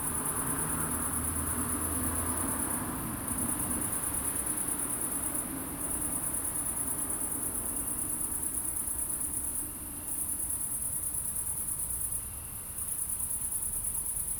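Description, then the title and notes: Cricket chorus: a continuous high, ringing trill that briefly dips quieter several times, with a faint hum of traffic underneath. Crickets at night in Aveize, France, with cars in the distance; recorded with a DPA-2006c AB pair into an SD MixPre-3. "69610 Aveize, France - Grillons - Crickets. Grillons la nuit, quelques voitures dans le lointain. Crickets at night, cars in the distance"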